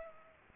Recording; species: mosquito wingbeat signal from an infrared sensor; Culex pipiens